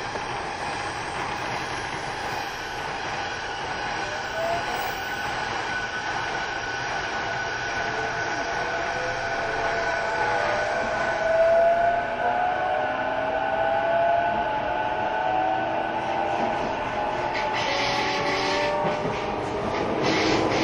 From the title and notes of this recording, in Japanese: 相鉄12000系 相鉄・埼京線特急・普通 01/01:海老名～新宿。相鉄・埼京線直通＂特急・普通＂の列車走行音。